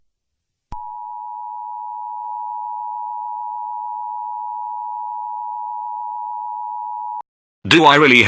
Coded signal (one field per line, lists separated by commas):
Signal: Emergency Alert System (SAME) tones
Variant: 853 and 960 Hz attention tone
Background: speech